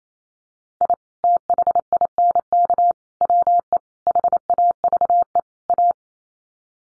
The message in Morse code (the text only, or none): I THINK WE HAVE A